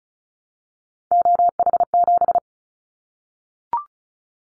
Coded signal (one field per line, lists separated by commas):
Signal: Morse code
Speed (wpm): 34 wpm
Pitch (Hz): 700 Hz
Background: none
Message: OH7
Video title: Callsign Prefixes for Top 25 DXCC Repeated 35wpm